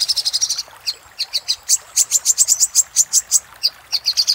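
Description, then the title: Little spiderhunter song: high metallic chips, a quick burst then spaced notes that speed up again, piercing throughout. Master recording made for training caged songbirds. "Masteran Burung Sogok Ontong Labaik"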